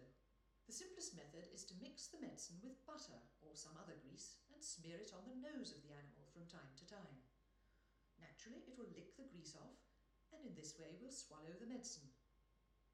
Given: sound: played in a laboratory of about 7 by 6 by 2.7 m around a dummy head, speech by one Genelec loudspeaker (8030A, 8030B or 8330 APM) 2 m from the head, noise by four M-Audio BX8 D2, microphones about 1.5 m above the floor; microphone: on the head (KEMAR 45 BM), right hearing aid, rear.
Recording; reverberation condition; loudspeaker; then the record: female speech in English; medium; behind (180 degrees)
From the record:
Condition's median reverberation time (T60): about 510 ms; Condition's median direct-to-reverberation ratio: about -0.5 dB